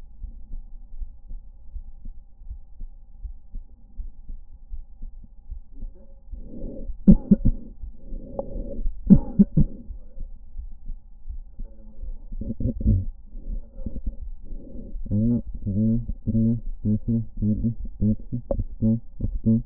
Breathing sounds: lung sounds by stethoscope; left anterior apical chest; quiet breathing, then cough and speech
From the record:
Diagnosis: none (healthy); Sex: male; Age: 29 years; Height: 180 cm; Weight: 100 kg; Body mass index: 30.9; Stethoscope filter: diaphragm mode

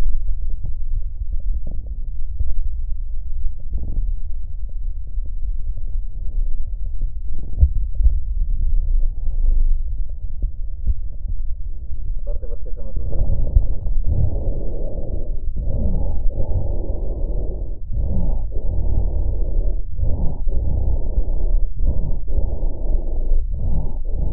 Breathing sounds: lung sounds by stethoscope; left posterior apical chest; quiet breathing, then deep breathing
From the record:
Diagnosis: interstitial lung disease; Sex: male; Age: 82 years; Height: 158 cm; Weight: 49 kg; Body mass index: 19.6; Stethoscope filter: extended mode

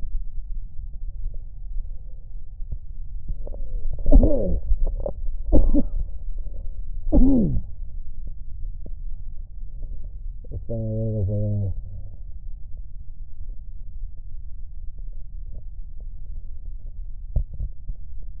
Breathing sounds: lung sounds by stethoscope; left posterior basal chest; quiet breathing, then cough and speech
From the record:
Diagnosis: COPD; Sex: male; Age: 69 years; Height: 162 cm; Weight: 124.8 kg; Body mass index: 47.6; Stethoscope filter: extended mode

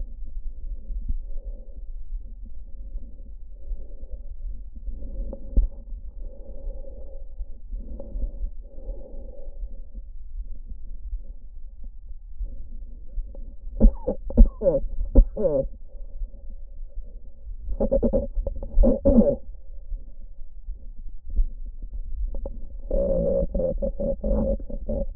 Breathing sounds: lung sounds by stethoscope; trachea; quiet breathing, then cough and speech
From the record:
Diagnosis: COPD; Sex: female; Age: 72 years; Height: 156 cm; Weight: 72 kg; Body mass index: 29.6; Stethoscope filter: diaphragm mode

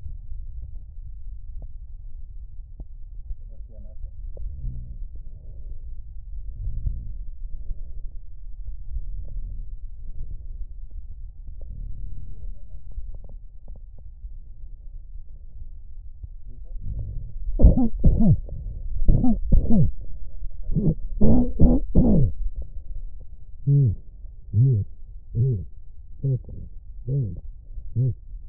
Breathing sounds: lung sounds by stethoscope; right posterior apical chest; quiet breathing, then cough and speech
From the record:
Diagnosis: COPD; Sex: male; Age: 70 years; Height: 170 cm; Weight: 74 kg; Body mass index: 25.6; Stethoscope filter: extended mode

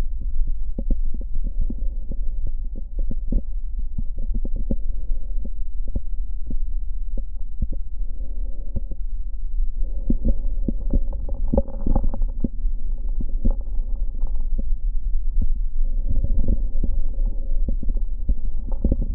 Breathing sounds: lung sounds by stethoscope; left posterior basal chest; quiet breathing, then deep breathing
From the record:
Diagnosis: COPD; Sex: male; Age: 70 years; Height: 183 cm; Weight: 116 kg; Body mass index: 34.6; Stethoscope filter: diaphragm mode

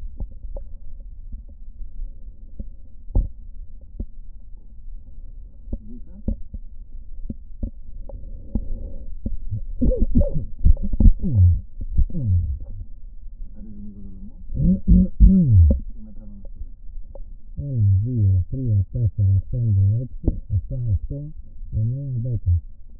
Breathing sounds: lung sounds by stethoscope; right posterior basal chest; quiet breathing, then cough and speech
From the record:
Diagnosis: none (healthy); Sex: male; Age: 60 years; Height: 190 cm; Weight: 150 kg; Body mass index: 41.6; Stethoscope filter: diaphragm mode

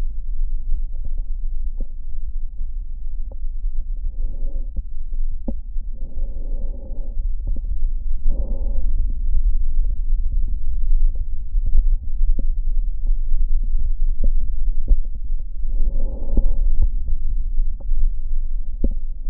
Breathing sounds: lung sounds by stethoscope; left anterior apical chest; quiet breathing, then deep breathing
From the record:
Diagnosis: COPD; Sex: female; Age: 75 years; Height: 155 cm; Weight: 67.6 kg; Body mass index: 28.1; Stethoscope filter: diaphragm mode

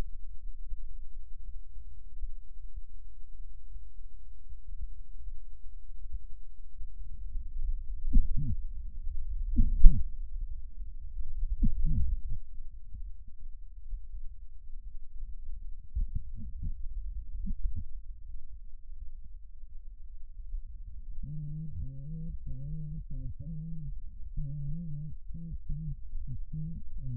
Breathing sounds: lung sounds by stethoscope; left posterior apical chest; quiet breathing, then cough and speech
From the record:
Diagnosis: COPD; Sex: female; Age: 80 years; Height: 160 cm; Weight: 62 kg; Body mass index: 24.2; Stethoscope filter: bell mode

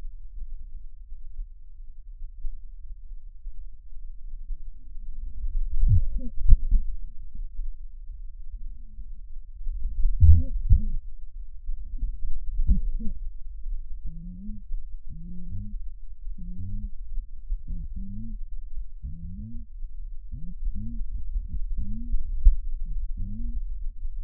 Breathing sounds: lung sounds by stethoscope; right posterior basal chest; quiet breathing, then cough and speech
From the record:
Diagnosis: COPD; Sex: female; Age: 68 years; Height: 150 cm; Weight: 70 kg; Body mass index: 31.1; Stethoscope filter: bell mode

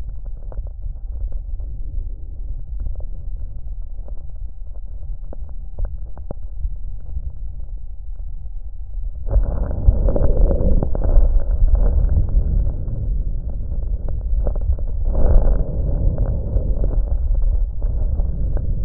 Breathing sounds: lung sounds by stethoscope; trachea; quiet breathing, then deep breathing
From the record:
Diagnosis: interstitial lung disease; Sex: male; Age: 72 years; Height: 170 cm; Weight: 62.9 kg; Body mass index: 21.8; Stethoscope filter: extended mode

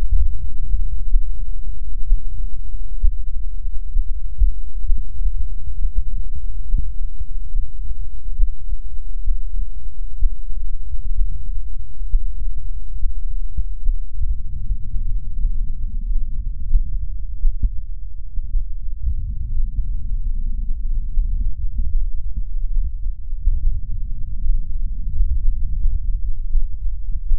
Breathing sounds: lung sounds by stethoscope; left posterior apical chest; quiet breathing, then deep breathing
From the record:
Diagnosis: none (healthy); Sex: male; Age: 30 years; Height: 190 cm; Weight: 88 kg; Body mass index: 24.4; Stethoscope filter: bell mode

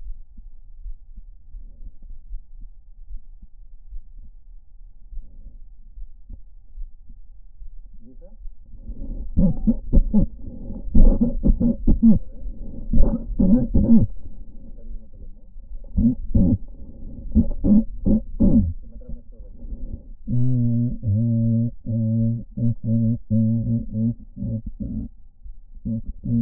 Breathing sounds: lung sounds by stethoscope; right anterior apical chest; quiet breathing, then cough and speech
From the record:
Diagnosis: pulmonary infection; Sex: male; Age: 86 years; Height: 165 cm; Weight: 65 kg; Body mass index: 23.9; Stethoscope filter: diaphragm mode

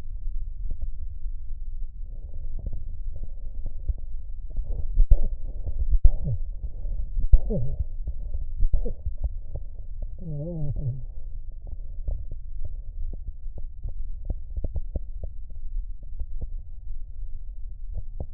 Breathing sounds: lung sounds by stethoscope; left posterior basal chest; quiet breathing, then cough and speech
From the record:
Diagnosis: COPD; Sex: male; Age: 72 years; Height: 172 cm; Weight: 58.6 kg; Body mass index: 19.8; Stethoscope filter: extended mode

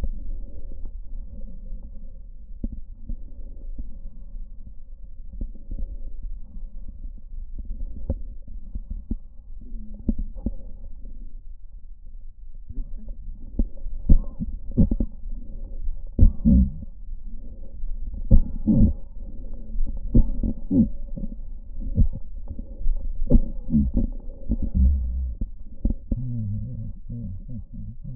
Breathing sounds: lung sounds by stethoscope; right posterior basal chest; quiet breathing, then cough and speech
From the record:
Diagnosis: pulmonary infection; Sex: male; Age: 69 years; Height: 184 cm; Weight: 115 kg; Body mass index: 34.0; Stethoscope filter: diaphragm mode

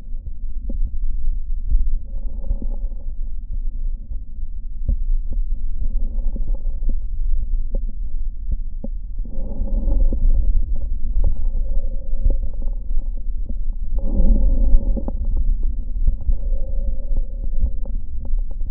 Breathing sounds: lung sounds by stethoscope; right posterior basal chest; quiet breathing, then deep breathing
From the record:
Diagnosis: interstitial lung disease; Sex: male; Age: 75 years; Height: 167 cm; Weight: 68 kg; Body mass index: 24.4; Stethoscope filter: diaphragm mode

